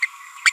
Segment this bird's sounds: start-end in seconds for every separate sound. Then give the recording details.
0.02-0.06, 0.45-0.51. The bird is a female. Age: 30 days. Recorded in a nest box in Venezuela. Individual 17B42A4